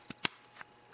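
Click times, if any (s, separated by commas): 0.2 s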